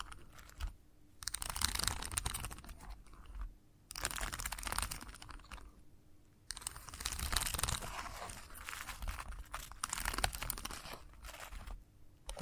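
Chalk scratches and taps against a hard surface in dense, gritty bursts, each stroke a bright rasp with sharp clicks inside it. Brief pauses break the activity near 1, 3.5 and 6 seconds, and the longest burst fills the second half. A faint steady hum runs underneath.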